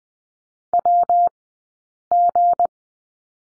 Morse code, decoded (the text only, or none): WG